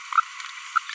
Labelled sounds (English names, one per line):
Green-rumped Parrotlet babbling